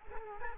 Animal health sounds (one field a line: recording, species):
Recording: mosquito wingbeat signal from an infrared sensor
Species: Culex quinquefasciatus